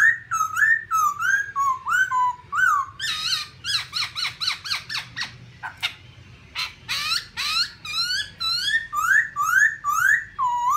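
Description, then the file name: Black-throated laughingthrush song: rolling whistled phrases, a burst of harsh scratchy chatter, then more bright looping whistles dipping at the end, against a faint low hum. "tieng khuou bac ma hot"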